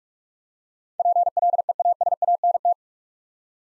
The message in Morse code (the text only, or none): PLEASANT